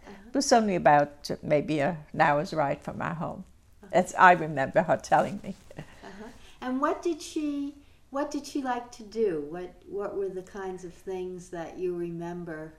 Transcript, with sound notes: Was only about, maybe, an hours ride from our home. That's, I remember her telling me (she laughs)
And what did she, what did she like to do? What were the kinds of things that you remember